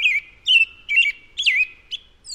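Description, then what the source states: American Robin song: several short clear phrases with brief pauses between. Its Meskwaki name, chi-chi-kakwaha, probably came from its song, which starts off like chi-chi-chi.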